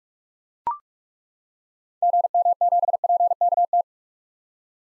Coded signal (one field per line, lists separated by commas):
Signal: Morse code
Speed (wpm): 41 wpm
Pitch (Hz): 700 Hz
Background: none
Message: GM7PKT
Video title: 2023 SOTA Activator Call Signs - 45wpm